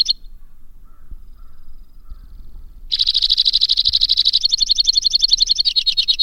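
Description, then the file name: White-winged crossbill song: a brief note, about three seconds of near silence, then a rapid rattling trill that builds and carries on. "suara-kicauan-burung-white-winged-crossbill 2-omkicau"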